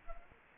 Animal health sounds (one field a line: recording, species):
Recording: mosquito wingbeat signal from an infrared sensor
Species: Culex quinquefasciatus